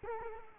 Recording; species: mosquito wingbeat signal from an infrared sensor; Culex quinquefasciatus